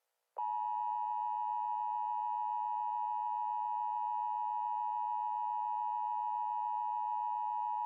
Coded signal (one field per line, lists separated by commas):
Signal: Emergency Alert System (SAME) tones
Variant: 853 and 960 Hz attention tone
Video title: EAS Scenario: The Malibu Prison Break